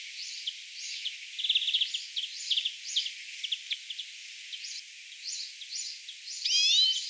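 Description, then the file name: European greenfinch twittering, quick chirps and short buzzy trills, ending with one loud nasal wheeze. "Chloris chloris"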